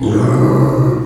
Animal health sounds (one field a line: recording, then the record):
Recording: squeal of a Yucatan mini pig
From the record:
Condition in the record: before surgery on the right vocal fold (resection and tissue-engineered implant)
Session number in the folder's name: 1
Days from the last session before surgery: -3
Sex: male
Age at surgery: 12 weeks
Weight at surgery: 13 kg